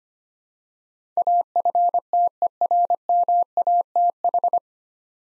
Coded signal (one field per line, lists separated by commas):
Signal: Morse code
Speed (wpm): 25 wpm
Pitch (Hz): 700 Hz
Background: none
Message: AFTERMATH